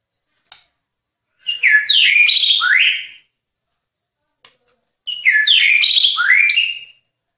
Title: MURAI BATU